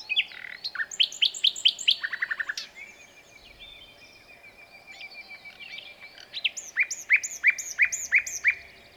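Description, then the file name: Common nightingale song: a rapid series of sharp repeated notes, a low rattling burst, a thin whistle, then another fast run of loud repeated chirps near the end. "Luscinia megarhynchos"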